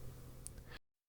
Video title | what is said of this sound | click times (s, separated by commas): Lit Garages full garage lighting install overview. | Once it is lined up properly, press in the opposite side until you hear it click. | 0.5 s